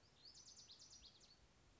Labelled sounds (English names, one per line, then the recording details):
Lazuli Bunting
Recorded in Sonoma County, California